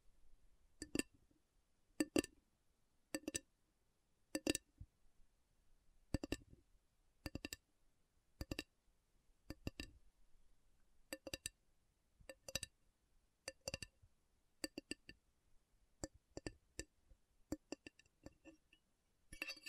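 Slow tapping on metal, each tap a sharp bright clink with a short ringing tail. The strikes come roughly once a second, fairly even at first, then bunch into quicker, lighter pairs and clusters toward the end, with near silence between them.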